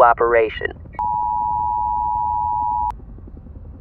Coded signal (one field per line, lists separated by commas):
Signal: Emergency Alert System (SAME) tones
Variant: 853 and 960 Hz attention tone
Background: speech